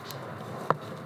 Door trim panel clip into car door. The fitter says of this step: but it just won't hit it just won't click.